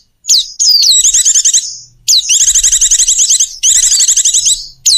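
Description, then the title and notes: Bird calls: quick falling whistles leading into long, shrill, rapidly repeated trilled notes, in bursts with short pauses. Bird lure sounds used to attract stubborn, hard-to-approach birds. "Suara Burung Bandel Yang Susah Mendekati. Kompilasi Suara Pikat Burung"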